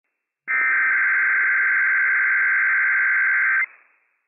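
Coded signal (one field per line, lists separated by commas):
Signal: Emergency Alert System (SAME) tones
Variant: header bursts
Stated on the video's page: Operational Emergency Alert System tones of a Required Weekly Test issued by civil authorities for the Inland Northwest.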